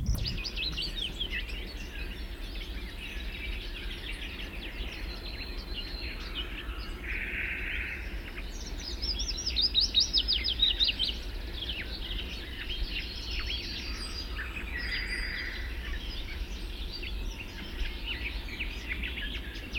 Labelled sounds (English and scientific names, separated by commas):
Willow Warbler (Phylloscopus trochilus) song